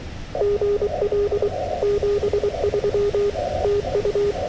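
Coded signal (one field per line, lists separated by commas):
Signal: Morse code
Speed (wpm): 23 wpm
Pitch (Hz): 410 Hz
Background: radio noise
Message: GL 73 TU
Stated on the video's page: SOTA summit activation on 40m CW in gale winds, Yaesu FTX-1F at 5W QRP, RHM12 screwdriver antenna, keyed with a BaMaKeY TP-III paddle.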